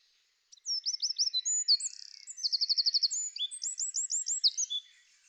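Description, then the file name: Eurasian wren singing one fast, shrill phrase of sharp high notes, with a buzzy trill near the middle and rapid repeated notes toward the end. "winterkoning"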